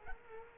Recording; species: mosquito wingbeat signal from an infrared sensor; Culex quinquefasciatus